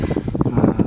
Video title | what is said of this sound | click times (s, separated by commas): Revanche : le démarreur est sorti ! | Juste ça passe pas en fait, j'arrive pas à la faire cliquer une seule fois. | none